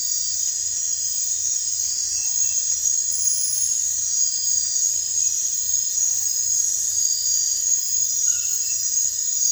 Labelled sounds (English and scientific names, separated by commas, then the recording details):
none
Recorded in dense forest near Puerto Asís, Putumayo, Colombia, on 22 December 2024 at 00:30
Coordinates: 0.468, -76.322
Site G071